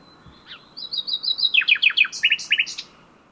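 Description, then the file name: Common nightingale song: a quick phrase of repeated high whistles that slides into a fast run of downslurred notes and doubled chirps, crisp and rhythmic over a quiet background. "Luscinia megarhynchos"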